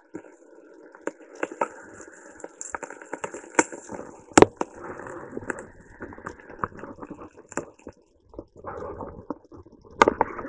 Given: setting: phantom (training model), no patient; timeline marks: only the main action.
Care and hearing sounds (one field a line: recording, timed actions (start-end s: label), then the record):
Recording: laparoscopic instrument, vibration sensor on the handle end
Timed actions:
0.00-7.76 s: coagulation
From the record:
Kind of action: gesture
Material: ex-vivo porcine liver